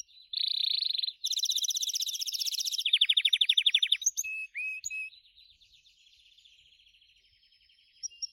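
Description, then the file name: Gloster canary delivering long rolling trills, first a dense rattling roll, then a slower pulsed trill, sliding notes and a softer fading warble. "canto do canario gloster"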